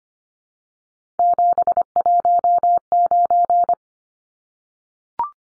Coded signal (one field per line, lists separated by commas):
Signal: Morse code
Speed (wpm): 25 wpm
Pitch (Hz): 700 Hz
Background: none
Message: 719